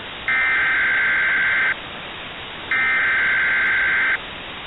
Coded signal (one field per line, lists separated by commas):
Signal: Emergency Alert System (SAME) tones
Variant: header bursts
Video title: 8/17/2022 PDS Tornado Warning - Jersey Shore Minecraft